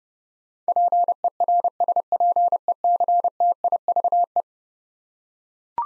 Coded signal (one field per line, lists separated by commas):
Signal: Morse code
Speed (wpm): 29 wpm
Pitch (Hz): 700 Hz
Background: none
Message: PERSPECTIVE